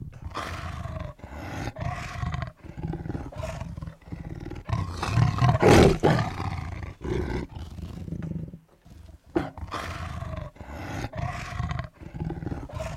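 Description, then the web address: Tiger roaring in a run of deep, rough bursts, with one louder roar near the middle. "big cats|tigers"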